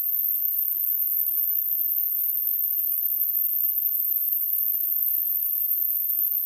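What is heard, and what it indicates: A steady, very high-pitched whistling tone holds unchanged for the whole six and a half seconds over a faint hiss. It is a simulated tinnitus sound, imitating the constant ringing a person with tinnitus hears.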